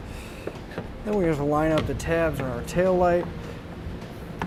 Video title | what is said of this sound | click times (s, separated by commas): etrailer - How to Install the Roadmaster Universal Hy-Power Diode Wiring Kit on a 2017 Jeep Cherokee | we can plug our connector in making sure it locks into place then | 0.5 s, 0.8 s